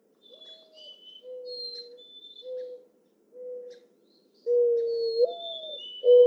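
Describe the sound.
Mourning dove cooing, faint soft hoots at first, then a louder rising coo followed by another hoot, with high whistled notes of other birds.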